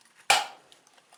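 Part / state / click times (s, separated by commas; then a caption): gasketed component snapping into a chainsaw housing / seated / 0.3 s. During reassembly of a 576 AutoTune chainsaw, a gasketed component is pressed into the chainsaw housing and snaps into place with a single sharp click at 0.3 s that rings out and decays over about half a second. The part is seated, and its gasket is then checked to be sure it is still in place all the way around.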